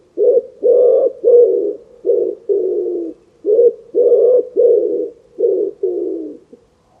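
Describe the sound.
Bird giving deep, hoarse coos, many short and drawn-out notes in a steady run with brief pauses between them.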